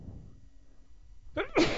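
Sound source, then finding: Adult man. Sneeze.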